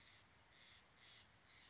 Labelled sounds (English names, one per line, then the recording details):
Steller's Jay
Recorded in Sonoma County, California